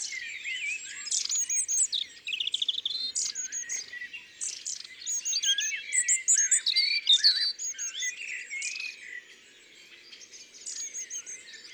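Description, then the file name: Long-tailed tit calls, a busy flow of high, thin notes and little trills, almost without pause. "Mesange a longue queue ABC des chants doiseaux"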